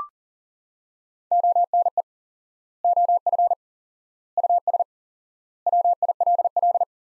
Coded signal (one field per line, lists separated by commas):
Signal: Morse code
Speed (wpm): 40 wpm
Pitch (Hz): 700 Hz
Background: none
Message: ONE OF US WILL